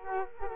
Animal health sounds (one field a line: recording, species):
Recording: mosquito wingbeat signal from an infrared sensor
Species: Culex quinquefasciatus